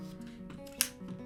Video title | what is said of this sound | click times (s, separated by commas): Présentation et test de mon nouveau trépied (K&F Concept SA254T1) | C'est-à-dire que depuis qu'on a entendu le clip, bah du coup maintenant, ça veut dire que là ça marche en fait quand ça visse. | 0.8 s